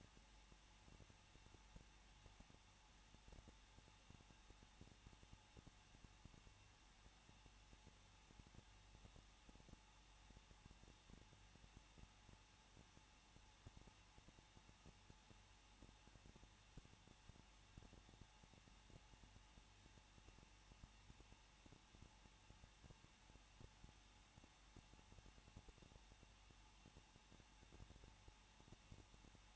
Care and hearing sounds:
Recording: daily activity, microphone in the room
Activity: no activity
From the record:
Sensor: 1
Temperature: 20.1 degrees Celsius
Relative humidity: 39.2%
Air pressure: 1006.3 hPa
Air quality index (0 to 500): 218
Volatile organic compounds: 77 ppm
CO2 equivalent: 3583 ppm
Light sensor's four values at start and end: 1/2/1/1 and 1/2/1/1

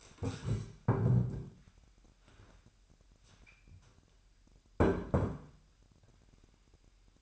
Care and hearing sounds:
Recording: daily activity, microphone in the room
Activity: stand up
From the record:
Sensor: 2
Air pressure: 998.4 hPa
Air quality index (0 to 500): 129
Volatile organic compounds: 3 ppm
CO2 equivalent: 1465 ppm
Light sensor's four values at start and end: 8/20/8/9 and 8/19/8/9

